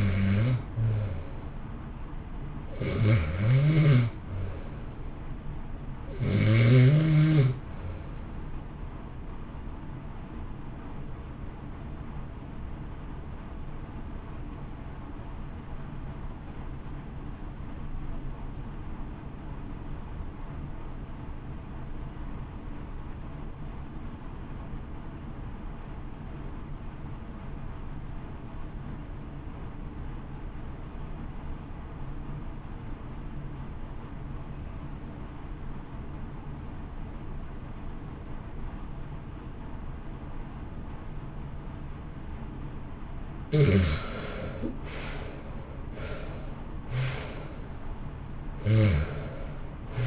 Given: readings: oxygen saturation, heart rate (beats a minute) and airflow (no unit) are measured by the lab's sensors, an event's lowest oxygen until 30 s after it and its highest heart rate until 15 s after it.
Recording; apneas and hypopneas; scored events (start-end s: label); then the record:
breathing in sleep by a smartphone at the bedside; 1
19.00-45.20 s: obstructive apnea (REM, oxygen 95% highest, then 80% lowest, heart rate 57 at the start, 75 highest)
From the record:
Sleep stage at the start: REM sleep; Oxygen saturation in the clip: 88 to 95%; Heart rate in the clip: 57 to 75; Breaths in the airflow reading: 10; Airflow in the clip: -1.6 to 2.2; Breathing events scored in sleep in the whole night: 328 in 6.3 hours asleep